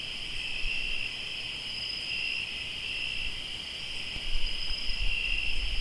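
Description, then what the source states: Cricket: steady chirping fills the whole stretch at a constant high pitch, with low rumbling growing near the end. Crickets in Tlayacapan, Morelos.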